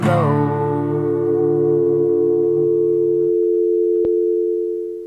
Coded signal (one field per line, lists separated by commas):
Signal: telephone call progress tone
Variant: North America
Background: music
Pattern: dial tone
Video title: The Snow Plow Show Episode 403 - Phone Tube Cleaning